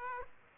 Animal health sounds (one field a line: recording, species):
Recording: mosquito wingbeat signal from an infrared sensor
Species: Aedes aegypti